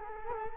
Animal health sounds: mosquito wingbeat signal from an infrared sensor; Culex quinquefasciatus

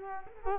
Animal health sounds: mosquito wingbeat signal from an infrared sensor; Culex quinquefasciatus

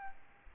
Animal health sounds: mosquito wingbeat signal from an infrared sensor; Aedes albopictus

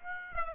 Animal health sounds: mosquito wingbeat signal from an infrared sensor; Aedes aegypti

